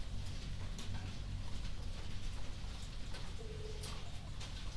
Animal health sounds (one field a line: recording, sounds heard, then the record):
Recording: poultry house recording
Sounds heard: healthy chickens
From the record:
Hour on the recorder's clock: 1